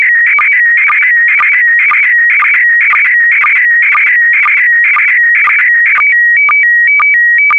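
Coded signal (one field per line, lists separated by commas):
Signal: SSTV (slow-scan television)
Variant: PD120 mode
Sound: warbling tone shifting in pitch, with short low sync blips about twice a second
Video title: (08 of 12) ISS Expedition 65 - MAI 75 June 2021 - Retransmission SSTV PD120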